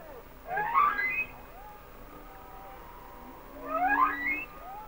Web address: Whale Songs Sounds of Nature - Humpback Whales